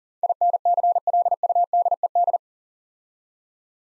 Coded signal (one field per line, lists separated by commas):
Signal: Morse code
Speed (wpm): 40 wpm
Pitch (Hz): 700 Hz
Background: none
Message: INCLUDED